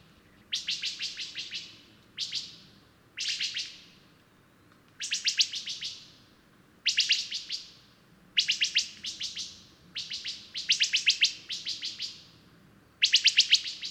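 Bird song: loud, buzzy, stuttering bursts of rapid chirps, repeated with short pauses throughout, some phrases longer and doubled, over quiet low hum.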